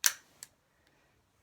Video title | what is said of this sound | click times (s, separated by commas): Showing you a WaterPik | until it clicks in place | 0.1 s